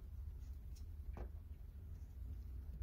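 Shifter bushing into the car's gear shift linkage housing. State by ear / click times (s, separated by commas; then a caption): not seated / none. A greased shifter bushing and spring assembly is rotated, twisted and pushed on one side into the gear shift linkage housing of a Festiva. A low, steady rumble runs throughout, with a brief burst of handling noise at about 1.2 s. Nothing has seated or clicked yet.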